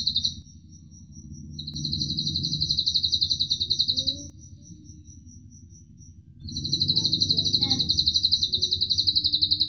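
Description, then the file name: Atlantic canary song: fast, high rolling trills in a brief burst and two long bursts, the longer pause about two seconds, over a low hum. Cililin-style canary song used as a fill (isian) recording for training other songbirds. "suara kenari isian cililin omkicau"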